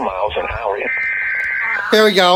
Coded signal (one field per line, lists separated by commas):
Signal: Emergency Alert System (SAME) tones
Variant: header bursts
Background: speech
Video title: SLIGHTSANITY 10: RAFAEL’S DISAPPOINTMENT - EAS Alerts From 11/6/24 - 11/7/24 (EAS #3061-3077)